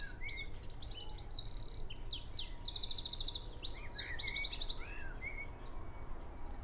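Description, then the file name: Eurasian wren song, shrill rapid phrases with several fast buzzing trills strung together, heard over a steady low hiss of background noise. "Troglodytes troglodytes"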